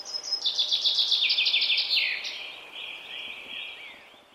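Common chaffinch song, a rattling series of repeated notes stepping down in pitch and ending in a short flourish, with a thin trailing note after.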